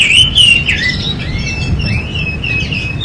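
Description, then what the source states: Domestic canary giving bright whistled slurs, a clear upward glide then wavering high notes, with a low rumbling hum underneath. Domestic canary described as gacor (singing constantly and energetically), a first-place champion.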